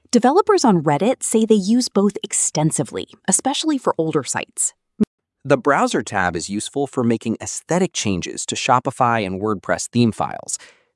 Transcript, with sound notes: Developers on Reddit say they use both extensively, especially for older sites.
[thoughtful] The browser tab is useful for making aesthetic changes to Shopify and WordPress theme files.